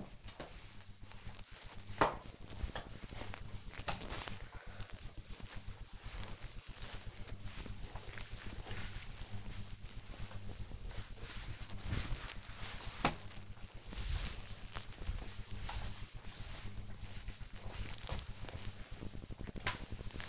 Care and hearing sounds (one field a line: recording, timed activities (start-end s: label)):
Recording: household activities, microphone on the right wrist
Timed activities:
0.00-20.29 s: floor cleaning